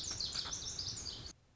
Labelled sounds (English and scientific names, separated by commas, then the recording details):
Lazuli Bunting (Passerina amoena)
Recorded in Sonoma County, California